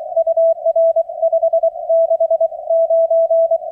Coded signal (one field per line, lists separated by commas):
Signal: Morse code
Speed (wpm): 24 wpm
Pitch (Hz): 660 Hz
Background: none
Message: UR 569